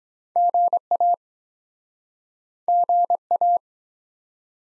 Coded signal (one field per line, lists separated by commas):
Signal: Morse code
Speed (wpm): 23 wpm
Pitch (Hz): 700 Hz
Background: none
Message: GA GA